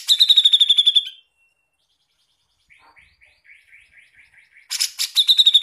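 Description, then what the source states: Grey-cheeked bulbul: a rapid pulsed trill, a pause, a series of soft repeated notes, then harsh bursts and another rattling trill. Master recording used for training songbirds.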